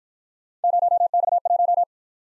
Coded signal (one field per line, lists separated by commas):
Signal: Morse code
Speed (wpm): 48 wpm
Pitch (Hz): 700 Hz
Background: none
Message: 0X1